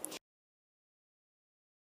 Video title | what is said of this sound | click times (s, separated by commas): Marware SportShell Convertible iPhone 4S Case Review HD | let's start first with a bumper case you just have to put the two pieces together until you hear it snap in place | 0.1 s